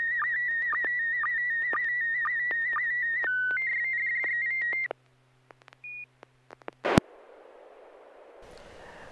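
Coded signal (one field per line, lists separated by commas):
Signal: SSTV (slow-scan television)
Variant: PD120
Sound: warbling high tone with regular clicks twice a second for five seconds, then hiss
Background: mains hum, radio static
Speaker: All right, this will be PD 120.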